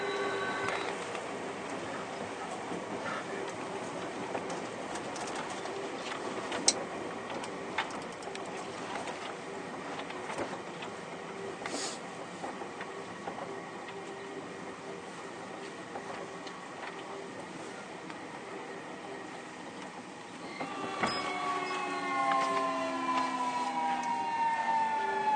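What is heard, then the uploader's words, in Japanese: Keio 1000 series train running between Shibuya and Kichijoji, a steady dense rumble with rattling clicks and a few sharp knocks around seven and twelve seconds. Near twenty-one seconds the sound rises and a whining tone climbs and falls through the rest. 京王1000系 渋谷〜吉祥寺。急行運用を録音しました。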